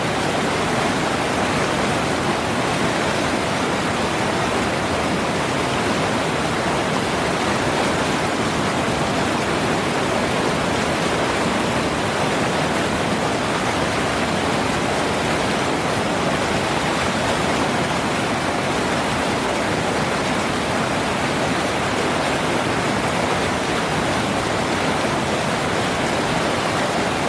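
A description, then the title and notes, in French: A waterfall pours steadily, its flowing water making a dense, unbroken rush from deep rumble up to bright hiss. The roar holds the same level for the whole stretch, full, with no separate splashes or other sounds standing out. Cascade et eau qui coule.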